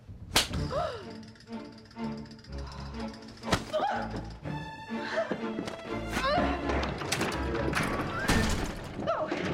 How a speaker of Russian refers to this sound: Девушка дает ей пощечину.